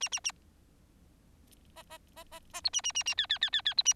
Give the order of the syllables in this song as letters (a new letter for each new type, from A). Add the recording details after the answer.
A A A B B B B B C A A A A D D D D D C A. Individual Bird4